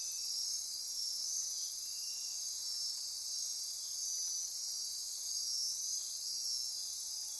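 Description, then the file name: Insect chorus of continuous high shrill trilling, steady and dense, with short pulsed phrases woven through the buzz. Insect chorus recorded at midnight near Corcovado. "Wind-is-the-Original-Radio-Fridays 20240628 Andy-Martin Midnight-Insect-Chorus-Near-Corcovado"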